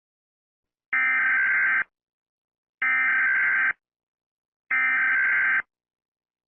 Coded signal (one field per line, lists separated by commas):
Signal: Emergency Alert System (SAME) tones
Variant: header bursts